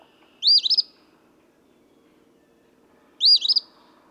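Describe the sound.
Eastern phoebe singing its harsh fee-bee phrase twice, about three seconds apart, each a buzzy upward note and stuttered ending, background otherwise hushed.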